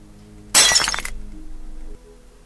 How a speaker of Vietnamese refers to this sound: Hắn cầm đi rượu lên làm một ngụm, Nam thì lấy chân đạp vỡ cái cốc.